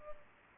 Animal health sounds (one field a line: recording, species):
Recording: mosquito wingbeat signal from an infrared sensor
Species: Culex pipiens